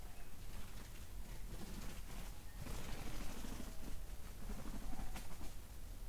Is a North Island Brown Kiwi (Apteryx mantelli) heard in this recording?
no